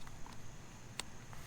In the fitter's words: you hear how it all just kind of like snaps together